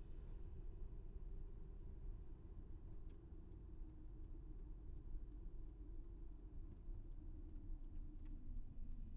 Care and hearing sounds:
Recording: everyday scene through a hearing-aid microphone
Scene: in a vehicle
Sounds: engine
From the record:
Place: VW T5 Caravelle, diesel engine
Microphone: behind the ear, left, rear

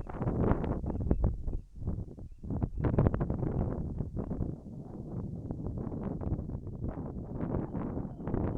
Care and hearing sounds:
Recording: everyday scene through a hearing-aid microphone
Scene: wind on the microphone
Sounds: wind, whistling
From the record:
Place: in front of a rural house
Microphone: behind the ear, left, front

